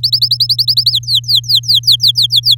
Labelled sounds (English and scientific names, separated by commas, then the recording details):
Domestic Canary (Serinus canaria) song
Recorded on 6 May 2018 at 11:44
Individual llb16